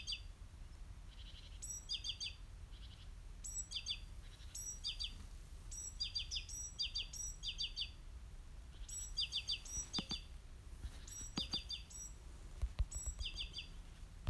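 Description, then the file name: Great tit giving repeated groups of bright, high chirping notes at an even pace throughout, with a few sharp clicks near the end and low rumbling underneath. "Parus major"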